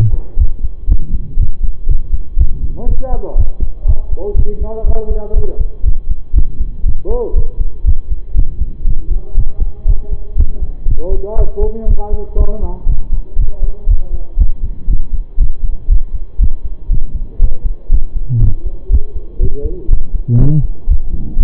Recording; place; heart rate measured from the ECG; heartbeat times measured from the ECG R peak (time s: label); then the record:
heart sounds by stethoscope; between the tricuspid and mitral areas; 120 bpm
0.38 s: heartbeat
0.88 s: heartbeat
1.37 s: heartbeat
1.87 s: heartbeat
2.37 s: heartbeat
2.87 s: heartbeat
3.36 s: heartbeat
3.86 s: heartbeat
4.35 s: heartbeat
4.85 s: heartbeat
5.34 s: heartbeat
5.84 s: heartbeat
6.34 s: heartbeat
6.84 s: heartbeat
7.34 s: heartbeat
7.85 s: heartbeat
8.35 s: heartbeat
8.85 s: heartbeat
9.36 s: heartbeat
9.86 s: heartbeat
10.36 s: heartbeat
10.86 s: heartbeat
11.36 s: heartbeat
11.87 s: heartbeat
12.37 s: heartbeat
12.87 s: heartbeat
13.37 s: heartbeat
13.87 s: heartbeat
14.38 s: heartbeat
14.88 s: heartbeat
15.38 s: heartbeat
15.89 s: heartbeat
16.39 s: heartbeat
16.90 s: heartbeat
17.40 s: heartbeat
17.90 s: heartbeat
18.40 s: heartbeat
18.90 s: heartbeat
19.40 s: heartbeat
19.89 s: heartbeat
20.38 s: heartbeat
20.88 s: heartbeat
21.37 s: heartbeat
From the record:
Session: pedaling a stationary bicycle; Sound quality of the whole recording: saturated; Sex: male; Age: 25 years